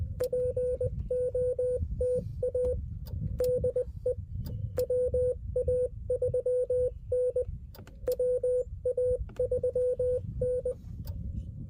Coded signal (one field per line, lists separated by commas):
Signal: Morse code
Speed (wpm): 20 wpm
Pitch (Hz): 500 Hz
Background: radio noise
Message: POTA DE WA3N WA3N